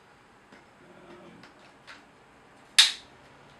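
A wobbly plastic tool attachment on a Dyson DC35 Animal cordless vacuum is taken off and pushed back on, with a few faint knocks as it is handled. A single loud, sharp click at 2.8 s marks it seating again. A little movement remains, but it is fine.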